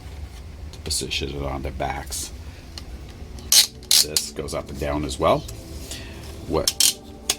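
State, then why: Seated. Someone talks while moving a sliding ratchet part up and down on a plastic Threezero DLX Optimus Prime collectible figure or its stand, from the Bumblebee movie, to position it on the figure's back. Sharp clicks ring out at 6.7, 6.8 and 7.3 seconds as it steps and locks into place, and it stays put until the release button is pressed.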